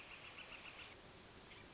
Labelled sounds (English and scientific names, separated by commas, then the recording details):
Northern Flicker (Colaptes auratus)
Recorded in Sonoma County, California